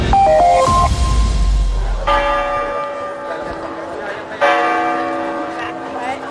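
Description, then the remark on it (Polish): The bell of the clock tower in Dubrovnik strikes three slow, heavy tolls about two seconds apart, each a loud, rich metallic clang whose humming overtones linger and fade before the next blow. “Ten dzwon na wieży zegarowej w Dubrowniku, dopiero co byłem i widziałem, wybija już od prawie 5 lat unijny czas.”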